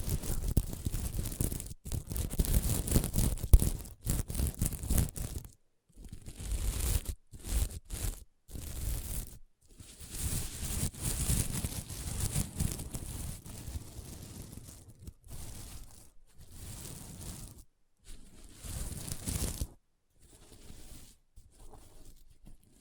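Scratching on a sequin mermaid pillow comes in bursts of rough, rasping strokes, each lasting a second or two, separated by short silences. The scratches are dense and gritty, spanning low rumble to bright hiss, with quieter, thinner strokes toward the end.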